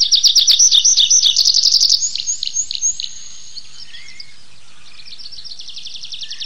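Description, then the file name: Tree pipit singing a rapid high trill that slows into several down-slurred notes, then fades before a faint new trill begins at the end. "lesnoj konek anthus trivialis"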